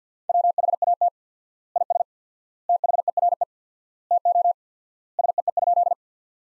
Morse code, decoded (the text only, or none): WHAT IS THERE TO SEE?